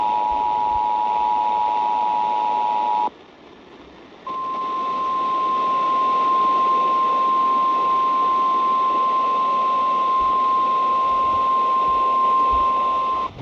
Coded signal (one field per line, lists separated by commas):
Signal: Emergency Alert System (SAME) tones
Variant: 853 and 960 Hz attention tone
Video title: You Want It? We Got It! EAS Alerts From July 15, 2022